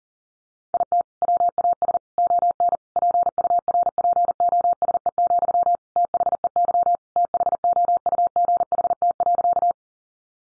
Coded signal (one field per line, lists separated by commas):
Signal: Morse code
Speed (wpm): 40 wpm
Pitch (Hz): 700 Hz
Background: none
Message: IT WAS ON PURPOSE, THEY THOUGHT.